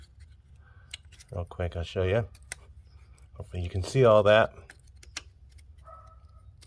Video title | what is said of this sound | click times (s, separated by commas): Equinox Terrain spark plugs 2.4l 2010-2017 Fast short and to the point | back in snap in place locked | 5.2 s